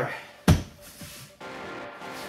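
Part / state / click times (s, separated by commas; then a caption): rear seat backrest into body hanger clip / seated / 0.5 s. Someone talks as the rear seat backrest of a 2007-2011 Toyota Camry SE is pushed back onto its hanger clip in the car body while the seat is being reinstalled. A sharp, loud click rings out at 0.5 s as the backrest seats into the clip, followed by quieter sound and then steady music. The backrest is confirmed seated.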